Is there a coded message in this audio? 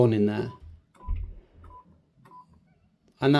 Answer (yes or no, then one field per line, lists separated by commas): no